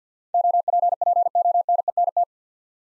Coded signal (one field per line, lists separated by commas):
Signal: Morse code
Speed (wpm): 50 wpm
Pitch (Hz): 700 Hz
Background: none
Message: OPPONENT